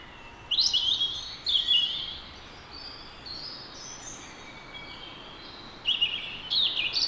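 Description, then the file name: European robin song in brief high, warbling phrases that start and stop, with quieter thin notes between bursts. "Erithacus rubecula"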